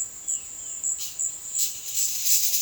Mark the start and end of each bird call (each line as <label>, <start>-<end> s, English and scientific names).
Violaceous Jay (Cyanocorax violaceus), 0.22-0.81 s